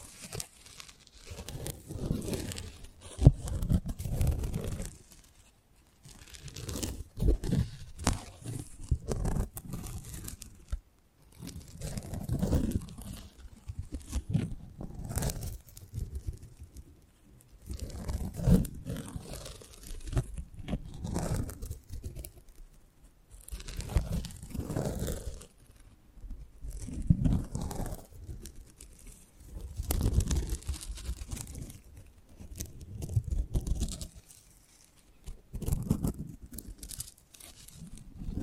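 A close-up mic treatment of rustling, crinkling handling sounds, arriving in bursts of a few seconds separated by short silences, roughly every four to five seconds. Each burst is dense with crackling, tearing textures and a soft low thump underneath, with bright edges.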